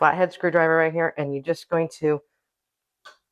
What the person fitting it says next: Did you hear that snap? That's the screw coming undone.